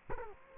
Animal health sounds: mosquito wingbeat signal from an infrared sensor; Culex quinquefasciatus

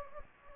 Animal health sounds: mosquito wingbeat signal from an infrared sensor; Anopheles gambiae

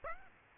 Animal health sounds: mosquito wingbeat signal from an infrared sensor; Aedes aegypti

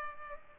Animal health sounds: mosquito wingbeat signal from an infrared sensor; Culex pipiens

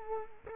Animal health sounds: mosquito wingbeat signal from an infrared sensor; Culex quinquefasciatus

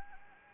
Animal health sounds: mosquito wingbeat signal from an infrared sensor; Anopheles gambiae

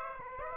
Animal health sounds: mosquito wingbeat signal from an infrared sensor; Aedes aegypti

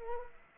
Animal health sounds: mosquito wingbeat signal from an infrared sensor; Anopheles arabiensis

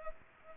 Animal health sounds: mosquito wingbeat signal from an infrared sensor; Culex pipiens

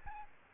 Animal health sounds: mosquito wingbeat signal from an infrared sensor; Aedes albopictus

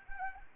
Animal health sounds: mosquito wingbeat signal from an infrared sensor; Anopheles arabiensis

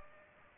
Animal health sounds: mosquito wingbeat signal from an infrared sensor; Aedes albopictus

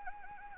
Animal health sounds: mosquito wingbeat signal from an infrared sensor; Anopheles gambiae

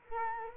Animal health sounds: mosquito wingbeat signal from an infrared sensor; Culex quinquefasciatus

